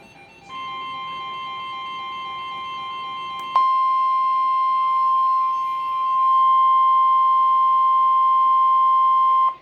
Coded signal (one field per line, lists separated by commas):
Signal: Emergency Alert System (SAME) tones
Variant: 1050 Hz attention tone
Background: music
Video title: (EAS) Severe Thunderstorm Watch #85